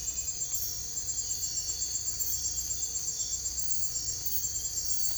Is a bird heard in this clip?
no